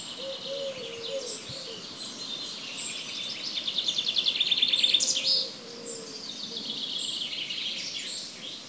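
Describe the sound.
Bird chorus: high twittering builds into a rapid rattling trill midway, while soft low notes sound underneath at the start and later.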